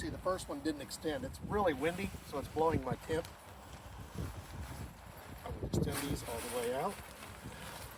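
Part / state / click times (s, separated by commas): telescoping tent leg lock on an instant cabin tent frame / not seated / none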